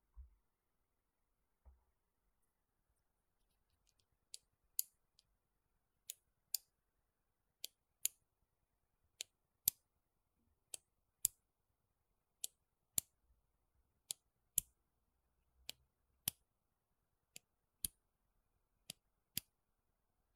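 Sharp, dry clicks from a ballpoint pen sound against near silence. After a couple of soft low bumps at the start, the clicks settle into a steady rhythm, roughly one every half to three-quarters of a second.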